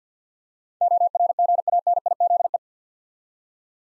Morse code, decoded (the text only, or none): ORGANIZE